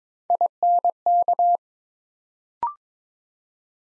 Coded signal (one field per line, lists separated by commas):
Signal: Morse code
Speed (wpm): 21 wpm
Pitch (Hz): 700 Hz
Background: none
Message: INK